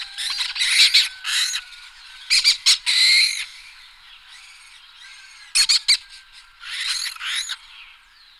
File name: Postolka jizni Falco naumanni